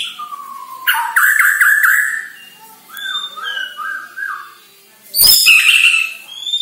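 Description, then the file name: White-rumped shama: songbird song: clear whistles with harsh chattering bursts, soft fluty notes, then a loud crackling burst and high whistles. Borneo; lure recording intended to make shamas sing actively. "Sara Pancingan Murai Batu Borneo Agar Gacor Dor"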